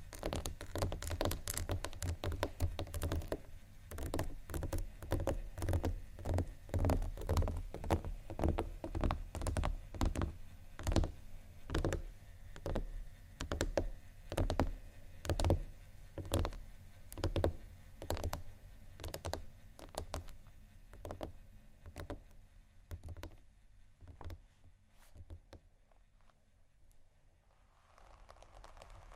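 Scratching and tapping on a surface: a busy run of sharp taps and knocks, often several per second, over a low rumbling scrape. The hits are dense and loud for the first twenty seconds, then thin out and soften, with a brief hiss near the end.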